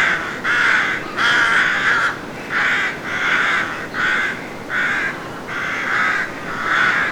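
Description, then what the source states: Rook caws, rough raspy calls repeated in an uneven series over a steady hiss. Nesting rooks.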